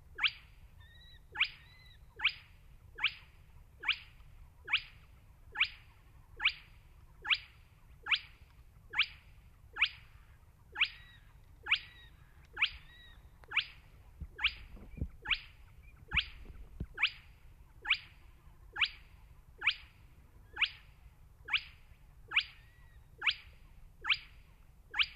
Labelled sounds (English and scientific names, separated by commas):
Spotted Crake (Porzana porzana)